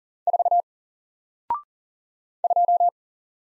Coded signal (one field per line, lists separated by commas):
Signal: Morse code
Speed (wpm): 40 wpm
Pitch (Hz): 700 Hz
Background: none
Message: 4 2